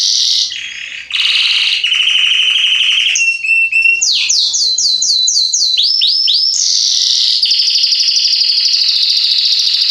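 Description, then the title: Belgian canary singing a varied, continuous song: buzzy trills, rapid rolling phrases and repeated upslurred notes, each tour shifting pitch without pause. Male Belgian canary singing a lot, meant to warm up young canaries within 30 minutes; salsa estourado song style. "Esquente Seu Filhote E Canario Belga Em 30 Minutos Macho Cantando Muito. Canrio Belga Salsa Estourado - Esquente em 30 minutos"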